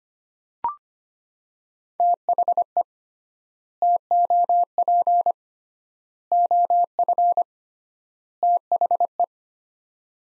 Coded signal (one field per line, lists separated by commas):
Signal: Morse code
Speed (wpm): 25 wpm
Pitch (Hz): 700 Hz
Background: none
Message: THE TOP OF THE